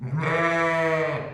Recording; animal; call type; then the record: contact call of a hoofed animal; sheep; low-frequency (closed-mouth) or high-frequency (open-mouth) call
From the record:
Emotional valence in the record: positive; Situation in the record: reunion with pen mate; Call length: 1.34 s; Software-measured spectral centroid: 1660 Hz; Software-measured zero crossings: 1730 a second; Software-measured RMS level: -24 dBFS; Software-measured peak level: -11 dBFS